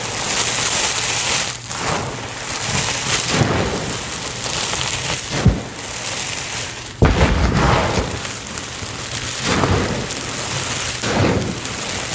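Confetti pours down in a dense, steady rustling hiss, bright and crackly like heavy rain on paper. Louder gusts of crinkling swell every second or two, with a sharp jump just before the seventh second, and a low rumble runs underneath throughout.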